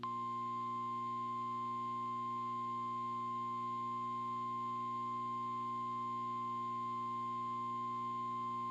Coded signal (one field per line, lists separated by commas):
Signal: Emergency Alert System (SAME) tones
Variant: 1050 Hz attention tone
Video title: EAS 4746-4751: NOAA Weekly Tests from 11/08-15/23